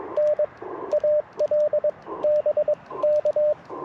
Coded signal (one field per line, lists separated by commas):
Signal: Morse code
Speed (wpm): 21 wpm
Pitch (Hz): 600 Hz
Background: radio noise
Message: N AL BK